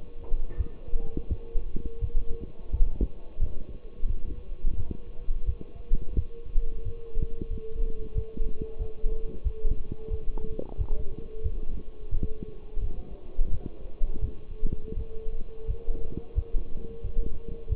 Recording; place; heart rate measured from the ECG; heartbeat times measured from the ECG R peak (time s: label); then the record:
heart sounds by stethoscope; between the tricuspid and mitral areas; 88 bpm
0.57 s: heartbeat
1.28 s: heartbeat
2.00 s: heartbeat
2.71 s: heartbeat
3.39 s: heartbeat
4.06 s: heartbeat
4.76 s: heartbeat
5.45 s: heartbeat
6.15 s: heartbeat
6.84 s: heartbeat
7.49 s: heartbeat
8.14 s: heartbeat
8.79 s: heartbeat
9.44 s: heartbeat
10.10 s: heartbeat
10.77 s: heartbeat
11.43 s: heartbeat
12.10 s: heartbeat
12.80 s: heartbeat
13.50 s: heartbeat
14.20 s: heartbeat
14.95 s: heartbeat
15.66 s: heartbeat
16.35 s: heartbeat
17.02 s: heartbeat
17.68 s: heartbeat
From the record:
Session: walking at 3.7 km/h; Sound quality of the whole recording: partially saturated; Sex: male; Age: 24 years